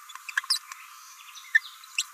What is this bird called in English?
Green-rumped Parrotlet